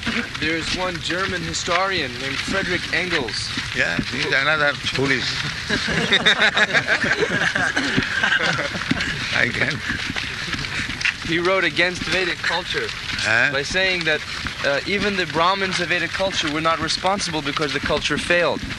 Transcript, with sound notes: There is one German historian named Friedrich Engels.
Yes, he is another foolish. [laughter]
He wrote against Vedic culture by saying that even the brāhmaṇas of Vedic culture were not responsible, because the culture failed.